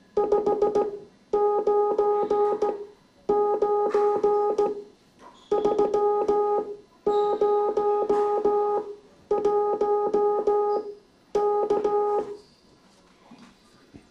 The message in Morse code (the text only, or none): 599 301 K